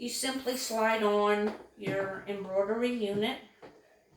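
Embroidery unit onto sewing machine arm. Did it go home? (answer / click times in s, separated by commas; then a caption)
yes / 3.6 s. Someone talks while the flatbed attachment has been removed and an embroidery unit is slid onto the free arm of a Brother SE625 sewing machine. A short, quiet click at 3.6 s marks the embroidery unit latching into place, seated.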